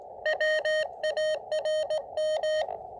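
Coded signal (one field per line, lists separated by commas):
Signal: Morse code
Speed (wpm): 19 wpm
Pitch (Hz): 620 Hz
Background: none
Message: WARM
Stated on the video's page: QRP CW summit and park activation of two summits, very cold and windy conditions.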